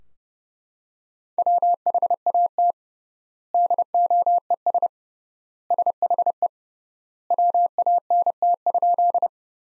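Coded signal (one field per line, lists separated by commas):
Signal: Morse code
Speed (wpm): 30 wpm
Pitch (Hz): 700 Hz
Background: none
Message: WHAT DOES SHE WANT?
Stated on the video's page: Morse practice sentences from the top 200 words at 30 wpm with three times standard word spacing.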